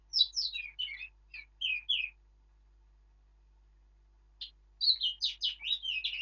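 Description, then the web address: Eurasian blackcap song: a fast run of warbled notes, a pause of about two seconds, then a second rich warbling phrase. "birdsong Sylvia atricapilla"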